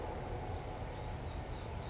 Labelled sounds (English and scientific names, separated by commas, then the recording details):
California Towhee (Melozone crissalis)
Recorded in Sonoma County, California